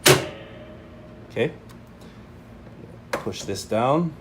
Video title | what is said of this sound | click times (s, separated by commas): Training: Cummins Allison iFX One Pocket | the way locked into place and you're gonna hear it lock into place like this okay | 0.1 s